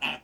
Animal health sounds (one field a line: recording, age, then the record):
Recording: pig call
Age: piglet (1 to 25 days)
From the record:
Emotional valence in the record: negative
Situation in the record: restrain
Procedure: sham castration, fixation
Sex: male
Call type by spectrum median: low-frequency call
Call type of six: low-frequency tonal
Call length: 0.24 s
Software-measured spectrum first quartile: 886 Hz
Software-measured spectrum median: 2328 Hz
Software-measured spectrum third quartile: 2751 Hz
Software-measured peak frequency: 2676 Hz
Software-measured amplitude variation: 152 dB a second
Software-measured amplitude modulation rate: 10.4 a second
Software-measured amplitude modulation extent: 14.7 dB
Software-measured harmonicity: 3.6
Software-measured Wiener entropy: -1.05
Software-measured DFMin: 483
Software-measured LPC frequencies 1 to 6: 849, 1616, 2619, 4508, 6184, 6990 Hz